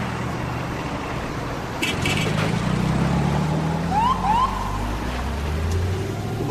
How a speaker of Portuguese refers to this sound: Cara, eu achei muito legal quando eles vão separar os carros e eles dão aquela buzinadinha.